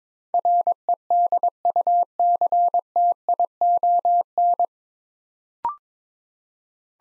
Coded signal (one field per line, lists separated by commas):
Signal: Morse code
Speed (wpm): 22 wpm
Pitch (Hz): 700 Hz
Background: none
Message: REDUCTION